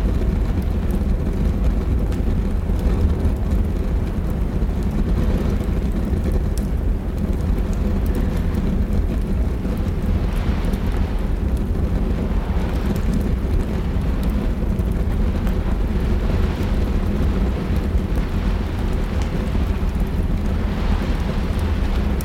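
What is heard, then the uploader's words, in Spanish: Rain falls steadily against the windows of an attic, a dense, even patter with a heavy low rumble underneath. The level hardly changes across the clip, with faint soft crackles and brief brighter gusts of rain around the middle. Ático Acogedor en una Tormenta. Sonidos de Lluvia y Chisporroteo de la Chimenea. El crepitar vivaz de la chimenea ilumina la habitación con un resplandor cálido que danza a través de las sombras. Afuera, la lluvia golpea contra las ventanas, su ritmo incansable se suma a la sinfonía tranquilizadora del ático.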